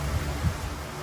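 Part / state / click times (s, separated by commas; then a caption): parking brake shoe spring retainer on brake shoe/backing plate / not seated / none. A parking brake shoe spring retainer is worked into place on the other side of the brake shoe hardware against the backing plate of a 1999–2010 Chevy Silverado or GMC Sierra. Only a steady broadband hiss with a low rumble is heard, with two brief low thumps near 0.1 s and 0.5 s. The retainer has not seated or clicked yet.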